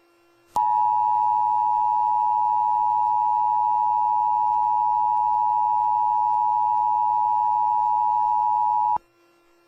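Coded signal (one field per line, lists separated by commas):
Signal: Emergency Alert System (SAME) tones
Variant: 853 and 960 Hz attention tone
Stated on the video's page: First national EAS test, as aired on WGCL-TV Atlanta and Comcast Cable.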